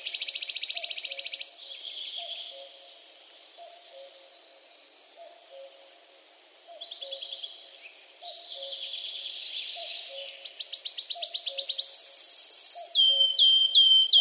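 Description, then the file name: Wood Warbler singing a buzzy trill, quieter twittering, then another accelerating shivering trill ending in a few clear descending notes; faint low repeated calls behind. "Penochka treshhotka"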